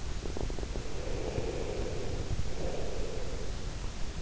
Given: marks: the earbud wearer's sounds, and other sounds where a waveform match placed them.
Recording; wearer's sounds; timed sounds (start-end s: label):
sounds in sleep by an in-ear microphone; breath
0.12-3.44 s: breath